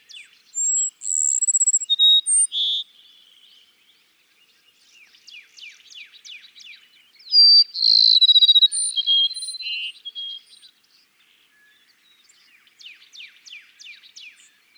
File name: Cassins's Sparrow